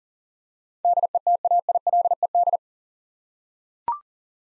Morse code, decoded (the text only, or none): DETAILED